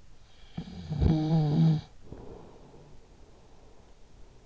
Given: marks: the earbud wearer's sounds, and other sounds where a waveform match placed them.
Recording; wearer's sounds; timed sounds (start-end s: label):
sounds in sleep by an in-ear microphone; snoring breath
0.00-4.20 s: snoring breath